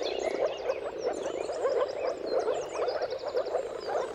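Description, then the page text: Moor frogs in a dense mating chorus, soft bubbling low calls overlapping continuously, with faint bird twitters higher up. Mating-call chorus of many moor frogs at sunrise, turn of March and April, timing depending on the weather. "Dawn’s Chorus: Mating Calls of Marsh Frogs at Sunrise. Jakub-Orzecki moor frogs. Depending on the weather at the turn of March and April, you can witness an amazing spectacle of moor frogs"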